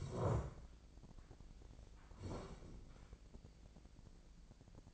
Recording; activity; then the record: daily activity, microphone in the room; sit down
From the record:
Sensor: 5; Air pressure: 1012.4 hPa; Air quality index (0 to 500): 151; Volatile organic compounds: 2 ppm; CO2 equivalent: 1038 ppm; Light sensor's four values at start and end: 277/662/283/315 and 276/661/282/314